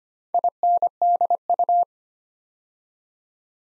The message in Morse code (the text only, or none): INDU